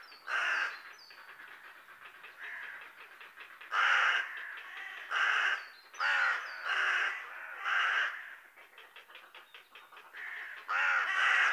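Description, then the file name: Carrion crow cawing in a loose, irregular series of rasping calls in bursts, with faint high bird chirps now and then. "Corvus corone"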